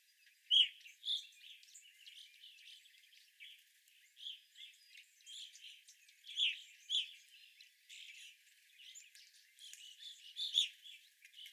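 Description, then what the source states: Evening grosbeaks calling, loud chirps at irregular intervals with quieter overlapping twitters. Several evening grosbeaks, recorded 25 April 2021.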